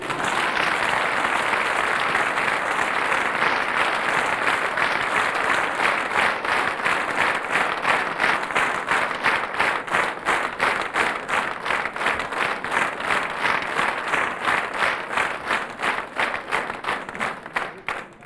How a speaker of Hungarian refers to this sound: a taps fele az öné.